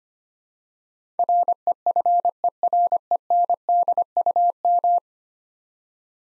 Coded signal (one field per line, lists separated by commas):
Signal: Morse code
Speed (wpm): 25 wpm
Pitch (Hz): 700 Hz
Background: none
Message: REFERENDUM